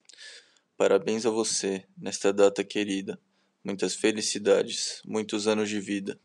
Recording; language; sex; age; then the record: short text; Brazilian Portuguese; male; 18 to 19 years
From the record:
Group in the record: control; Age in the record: 18 years